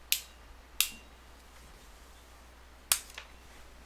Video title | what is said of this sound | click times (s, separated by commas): How To Make Your Own Custom Sleeved Extension Cables From Scratch! | so here we got the other terminal we just going to go ahead and do three clicks once again | 0.1 s, 0.8 s, 2.9 s